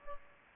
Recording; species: mosquito wingbeat signal from an infrared sensor; Aedes aegypti